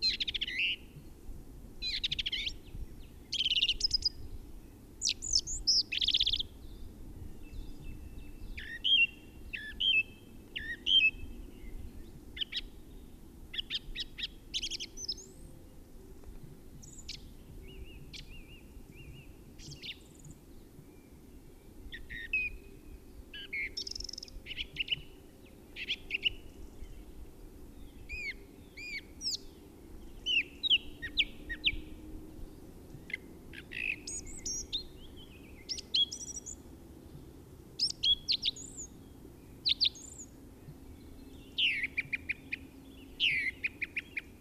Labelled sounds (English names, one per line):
Song Thrush song